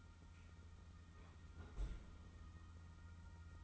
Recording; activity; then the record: daily activity, microphone in the room; close fridge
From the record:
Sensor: 3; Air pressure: 991.0 hPa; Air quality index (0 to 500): 122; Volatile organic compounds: 104 ppm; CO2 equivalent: 3778 ppm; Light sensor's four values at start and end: 28/67/27/25 and 28/67/27/25